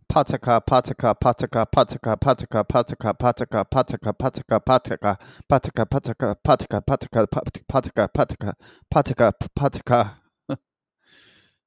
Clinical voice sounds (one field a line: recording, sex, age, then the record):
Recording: repeated syllables /pa ta ka/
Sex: male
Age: 40 to 49 years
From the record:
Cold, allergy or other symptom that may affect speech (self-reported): no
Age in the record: 42 years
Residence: Florida, United States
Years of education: 14